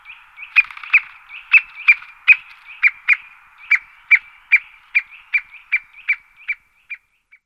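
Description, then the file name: White-backed woodpecker calls: a series of about sixteen short, sharp notes, roughly two or three a second, fading toward the end. "strakapoud-bělohřbetý"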